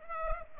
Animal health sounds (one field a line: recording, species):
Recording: mosquito wingbeat signal from an infrared sensor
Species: Culex pipiens